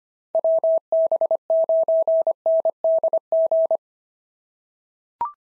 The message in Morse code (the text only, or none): WB9NDG